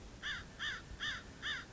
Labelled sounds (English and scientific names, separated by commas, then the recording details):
American Crow (Corvus brachyrhynchos)
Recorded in Sonoma County, California